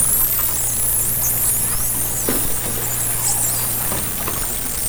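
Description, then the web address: Dolphin whistling, many high looping and sweeping tones layered together, a few faint clicks, over a constant low engine-like hum. Underwater hydrophone, 2010. "interspecies dolphin"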